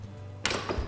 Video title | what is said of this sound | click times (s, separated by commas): Trailer Chix How to Set up Your Awning | lean back until you hear it click okay so now it's nice and nice and solid okay | 0.4 s